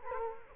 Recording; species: mosquito wingbeat signal from an infrared sensor; Culex quinquefasciatus